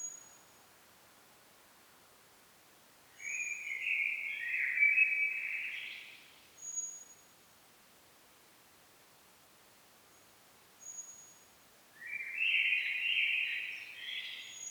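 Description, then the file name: Common blackbird giving fluted warbles in two phrases well apart, with thin, very high whistles repeating faintly in the background. "Turdus merula"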